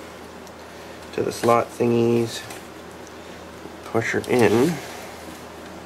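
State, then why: Not seated. A RAM memory module is lined up with a motherboard DIMM slot and pushed toward it while someone talks in two short bursts over a quiet, steady background hum. No click is heard; the module has not seated or clicked into the slot yet.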